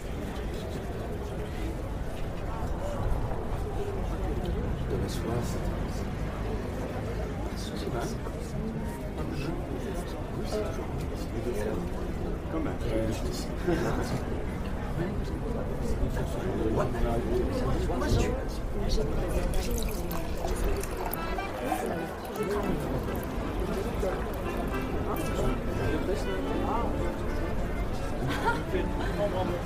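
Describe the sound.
A Parisian cafe at night: a dense, continuous murmur of many people talking at once, with no single voice standing out. The low, steady chatter holds an even level throughout, broken by brief clinks and taps now and then.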